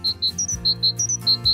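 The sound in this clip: Great Tit song: clear, high whistled notes repeated rapidly in pairs, alternating between two pitches, over a low background hum.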